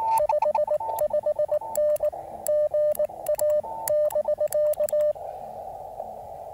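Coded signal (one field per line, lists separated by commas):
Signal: Morse code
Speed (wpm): 19 wpm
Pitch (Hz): 600 Hz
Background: radio noise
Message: 55N GA <BK>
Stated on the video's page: QRP CW park activation calling CQ from a 17-foot random wire with 9:1 unun on a 20-foot telescoping fiberglass mast.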